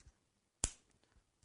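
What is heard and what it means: The steel loading gate on a Blackhawk revolver frame is closed after the base pin is reinstalled and checked. A single sharp metallic click at 0.6 s marks the gate snapping shut into the frame, followed by faint small handling taps. The gate is seated.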